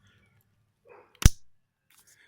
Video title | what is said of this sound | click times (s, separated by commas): WATCH FIRST!!** How to change / install spark plugs in an Acura RSX or Honda Accord Civic | when putting this clip back on you want to make sure that it's in all the way you'll hear it click | 1.3 s